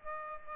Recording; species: mosquito wingbeat signal from an infrared sensor; Aedes aegypti